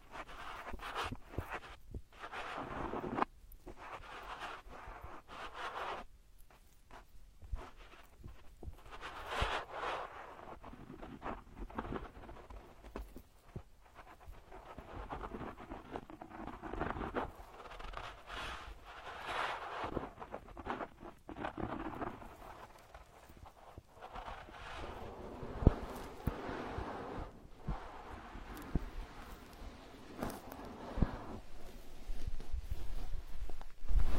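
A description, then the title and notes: Fine touching on an ear: a dense, irregular run of soft rustling and scratchy brushing, broken by quick taps and short pauses. The texture stays busy throughout, mostly in the middle range, and grows louder and more sharply tapped over the last ten seconds. Ultra-fine ear touch, immersive experience.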